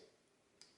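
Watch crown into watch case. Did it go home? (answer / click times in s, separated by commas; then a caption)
yes / 0.6 s. The crown of an automatic wristwatch is pressed back into the watch case from the time-setting position into the running position, so the watch runs again. Against a faint steady hiss, a single short, sharp click sounds at 0.6 s as the crown seats in.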